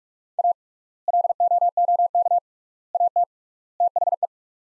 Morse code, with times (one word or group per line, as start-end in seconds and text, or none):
0.4-0.5 A
1.1-2.4 LOOK
2.9-3.2 AT
3.8-4.3 THE